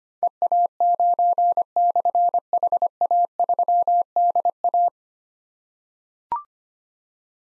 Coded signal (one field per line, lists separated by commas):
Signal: Morse code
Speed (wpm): 25 wpm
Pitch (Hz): 700 Hz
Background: none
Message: EA9/HA3DA